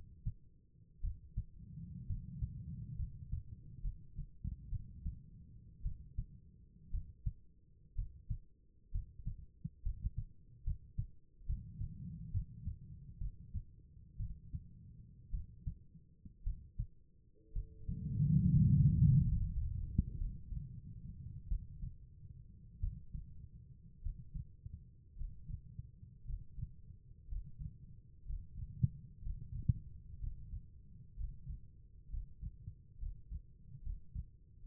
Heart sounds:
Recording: heart sounds by stethoscope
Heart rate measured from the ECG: 61 bpm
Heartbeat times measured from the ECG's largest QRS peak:
1.01 s: heartbeat
2.07 s: heartbeat
2.96 s: heartbeat
3.82 s: heartbeat
4.70 s: heartbeat
5.83 s: heartbeat
6.91 s: heartbeat
7.95 s: heartbeat
8.92 s: heartbeat
9.83 s: heartbeat
10.64 s: heartbeat
11.46 s: heartbeat
12.31 s: heartbeat
13.18 s: heartbeat
14.17 s: heartbeat
15.31 s: heartbeat
16.44 s: heartbeat
17.53 s: heartbeat
18.54 s: heartbeat
19.37 s: heartbeat
20.17 s: heartbeat
21.48 s: heartbeat
22.79 s: heartbeat
24.01 s: heartbeat
25.16 s: heartbeat
26.24 s: heartbeat
27.27 s: heartbeat
28.24 s: heartbeat
29.21 s: heartbeat
30.18 s: heartbeat
31.15 s: heartbeat
32.08 s: heartbeat
32.97 s: heartbeat
33.81 s: heartbeat
34.62 s: heartbeat
From the record:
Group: healthy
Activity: rest 0-20 s, Valsalva maneuver 20-35 s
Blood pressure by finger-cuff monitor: 99/61 mmHg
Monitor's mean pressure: 72 mmHg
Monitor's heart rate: 59 bpm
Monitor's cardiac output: 4.6 L/min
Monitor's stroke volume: 76 mL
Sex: female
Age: 36 years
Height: 163 cm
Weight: 88 kg

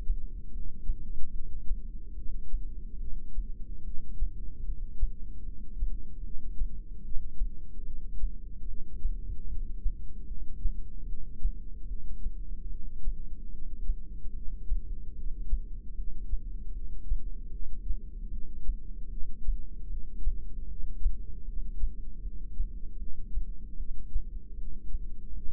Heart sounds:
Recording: heart sounds by microphone in the left ear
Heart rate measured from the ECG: 75 bpm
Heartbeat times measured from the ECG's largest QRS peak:
0.51 s: heartbeat
1.32 s: heartbeat
2.15 s: heartbeat
3.00 s: heartbeat
3.84 s: heartbeat
4.65 s: heartbeat
5.45 s: heartbeat
6.23 s: heartbeat
7.03 s: heartbeat
7.85 s: heartbeat
8.67 s: heartbeat
9.48 s: heartbeat
10.27 s: heartbeat
11.07 s: heartbeat
11.88 s: heartbeat
12.69 s: heartbeat
13.51 s: heartbeat
14.34 s: heartbeat
15.15 s: heartbeat
15.95 s: heartbeat
16.73 s: heartbeat
17.51 s: heartbeat
18.30 s: heartbeat
19.10 s: heartbeat
19.89 s: heartbeat
20.68 s: heartbeat
21.45 s: heartbeat
22.22 s: heartbeat
22.98 s: heartbeat
23.77 s: heartbeat
24.56 s: heartbeat
25.35 s: heartbeat
From the record:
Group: heart failure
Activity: rest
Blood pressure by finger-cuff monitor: 172/105 mmHg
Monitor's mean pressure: 128 mmHg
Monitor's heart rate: 76 bpm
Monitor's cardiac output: 7.7 L/min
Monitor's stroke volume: 102 mL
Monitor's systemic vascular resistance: 1260 dyn s/cm5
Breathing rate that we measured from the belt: 11 breaths a minute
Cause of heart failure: non-ischemic cardiomyopathy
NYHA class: 1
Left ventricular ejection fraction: 62%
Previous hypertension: present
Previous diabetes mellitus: present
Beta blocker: bisoprolol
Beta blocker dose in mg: 10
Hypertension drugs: sacubitril-valsartan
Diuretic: furosemide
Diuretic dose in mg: 20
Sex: male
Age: 49 years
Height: 167 cm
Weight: 110 kg

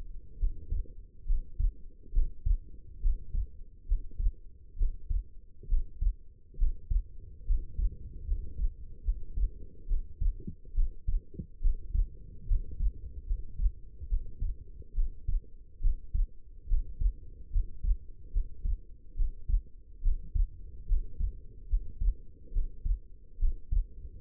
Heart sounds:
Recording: heart sounds by stethoscope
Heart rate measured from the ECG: 70 bpm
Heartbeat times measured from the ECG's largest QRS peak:
0.38 s: heartbeat
1.26 s: heartbeat
2.12 s: heartbeat
3.01 s: heartbeat
3.87 s: heartbeat
4.77 s: heartbeat
5.68 s: heartbeat
6.57 s: heartbeat
7.46 s: heartbeat
8.26 s: heartbeat
9.04 s: heartbeat
9.87 s: heartbeat
10.74 s: heartbeat
11.60 s: heartbeat
12.47 s: heartbeat
13.26 s: heartbeat
14.08 s: heartbeat
14.94 s: heartbeat
15.80 s: heartbeat
16.67 s: heartbeat
17.51 s: heartbeat
18.31 s: heartbeat
19.15 s: heartbeat
20.01 s: heartbeat
20.87 s: heartbeat
21.68 s: heartbeat
22.52 s: heartbeat
23.38 s: heartbeat
From the record:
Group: healthy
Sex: female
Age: 19 years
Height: 163 cm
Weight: 51 kg

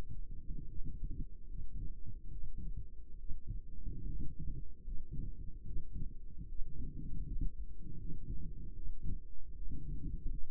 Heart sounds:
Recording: heart sounds by microphone in the right ear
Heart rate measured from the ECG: 75 bpm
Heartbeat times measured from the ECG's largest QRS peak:
0.67 s: heartbeat
1.46 s: heartbeat
2.30 s: heartbeat
3.17 s: heartbeat
4.04 s: heartbeat
4.82 s: heartbeat
5.64 s: heartbeat
6.47 s: heartbeat
7.23 s: heartbeat
7.97 s: heartbeat
8.74 s: heartbeat
9.54 s: heartbeat
10.29 s: heartbeat
From the record:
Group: healthy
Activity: rest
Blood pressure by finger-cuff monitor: 132/73 mmHg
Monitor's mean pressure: 92 mmHg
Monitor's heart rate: 71 bpm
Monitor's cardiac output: 6.7 L/min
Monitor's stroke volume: 94 mL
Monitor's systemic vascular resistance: 1010 dyn s/cm5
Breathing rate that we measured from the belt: 21 breaths a minute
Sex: female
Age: 22 years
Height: 154 cm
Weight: 58.7 kg

